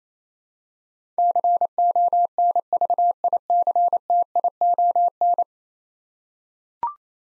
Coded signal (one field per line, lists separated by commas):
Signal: Morse code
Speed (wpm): 27 wpm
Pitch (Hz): 700 Hz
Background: none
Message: CONVICTION